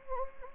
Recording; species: mosquito wingbeat signal from an infrared sensor; Anopheles gambiae